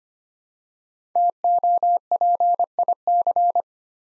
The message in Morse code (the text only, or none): TOPIC